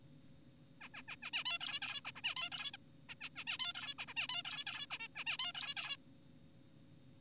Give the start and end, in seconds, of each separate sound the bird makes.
0.81-0.89, 0.94-1.02, 1.08-1.16, 1.23-1.30, 1.34-1.44, 1.46-1.58, 1.61-1.80, 1.82-2.01, 2.05-2.12, 2.16-2.22, 2.24-2.35, 2.37-2.50, 2.52-2.71, 2.74-2.77, 3.09-3.15, 3.21-3.29, 3.36-3.44, 3.47-3.58, 3.60-3.73, 3.75-3.94, 3.99-4.06, 4.08-4.14, 4.17-4.28, 4.29-4.43, 4.45-4.64, 4.67-4.86, 4.91-4.98, 5.00-5.08, 5.16-5.24, 5.26-5.38, 5.39-5.53, 5.55-5.74, 5.77-5.97